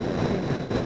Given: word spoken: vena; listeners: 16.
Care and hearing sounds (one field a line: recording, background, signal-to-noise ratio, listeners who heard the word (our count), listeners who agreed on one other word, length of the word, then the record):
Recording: one Spanish word in noise, from a listening test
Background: noise modulated by three-talker babble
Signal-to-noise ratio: -7.7 dB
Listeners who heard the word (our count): 0 of 16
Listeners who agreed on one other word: 6 of 16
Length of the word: 0.46 s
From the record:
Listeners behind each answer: 6, 1, 1, 1, 1, 1, 1, 1, 1, 1, 1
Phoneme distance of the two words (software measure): 10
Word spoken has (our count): 2 syllables, 4 phonemes, stress on syllable 1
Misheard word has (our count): 2 syllables, 4 phonemes, stress on syllable 1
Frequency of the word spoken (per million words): 5.27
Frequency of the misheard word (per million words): 37.84